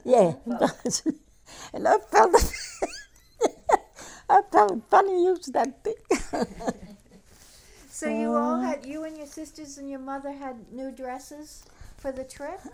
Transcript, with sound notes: Yeah. And I felt like-- ( she laughs ) I found funny to use that big --
So you all had, you and your sisters and your mother had new dresses for the trip?